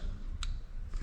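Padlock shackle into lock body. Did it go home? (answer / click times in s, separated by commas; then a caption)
no / none. A restorer pushes the steel shackle of a rusty antique padlock closed into the lock body to test whether it latches, after pounding its pin back in. The shackle knocks sharply against the body with a fainter knock after, but nothing latches. The shackle fails to catch because something inside is a little out of line.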